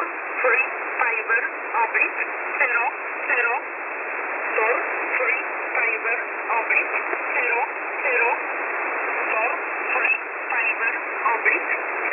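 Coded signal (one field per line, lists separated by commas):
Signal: numbers station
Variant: E11 (Oblique)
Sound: short spoken words at a steady pace through noisy sideband radio hiss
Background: radio static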